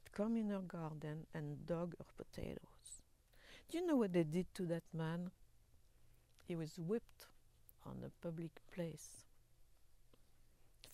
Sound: none

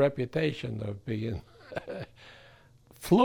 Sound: he laughs

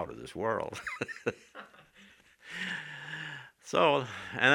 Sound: they laugh

